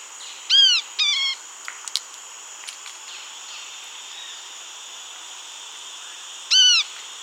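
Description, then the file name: Bird calling: two arched, ringing notes close together, then a few sharp clicks, and after a long pause one more arched note. "SABIOD 50 bird 2015"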